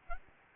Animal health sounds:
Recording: mosquito wingbeat signal from an infrared sensor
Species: Aedes albopictus

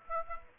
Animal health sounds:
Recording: mosquito wingbeat signal from an infrared sensor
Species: Aedes aegypti

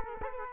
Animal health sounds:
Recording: mosquito wingbeat signal from an infrared sensor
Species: Culex quinquefasciatus

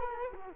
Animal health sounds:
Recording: mosquito wingbeat signal from an infrared sensor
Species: Culex quinquefasciatus

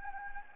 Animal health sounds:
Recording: mosquito wingbeat signal from an infrared sensor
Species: Anopheles gambiae

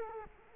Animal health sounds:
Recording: mosquito wingbeat signal from an infrared sensor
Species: Culex quinquefasciatus

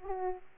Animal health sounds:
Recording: mosquito wingbeat signal from an infrared sensor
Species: Aedes aegypti

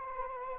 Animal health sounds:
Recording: mosquito wingbeat signal from an infrared sensor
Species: Anopheles arabiensis

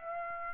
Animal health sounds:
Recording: mosquito wingbeat signal from an infrared sensor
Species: Aedes aegypti

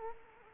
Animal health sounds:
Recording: mosquito wingbeat signal from an infrared sensor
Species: Culex quinquefasciatus

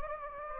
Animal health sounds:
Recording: mosquito wingbeat signal from an infrared sensor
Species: Anopheles gambiae

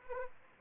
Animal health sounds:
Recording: mosquito wingbeat signal from an infrared sensor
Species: Anopheles arabiensis

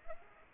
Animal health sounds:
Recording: mosquito wingbeat signal from an infrared sensor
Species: Culex pipiens

